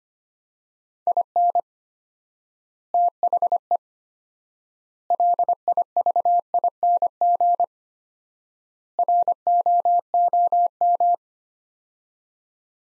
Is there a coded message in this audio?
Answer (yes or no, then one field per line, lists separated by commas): yes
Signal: Morse code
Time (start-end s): 1.1-11.1 s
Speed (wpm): 25 wpm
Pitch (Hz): 700 Hz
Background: none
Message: IN THE LIVING ROOM